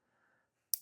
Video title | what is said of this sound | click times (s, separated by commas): Installing F150 Raptor Style Grill Lights on my Truck | and push down and click, and that's locked in place. | 0.7 s